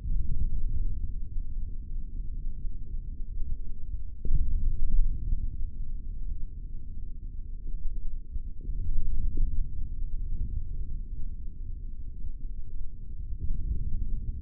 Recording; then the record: forearm muscle sounds (acoustic myography)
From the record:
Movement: forearm supination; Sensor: system 3, bracelet of six PUI Audio POM-2738L microphones around the upper forearm, with dedicated amplification and filtering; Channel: 2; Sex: male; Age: 23 years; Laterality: right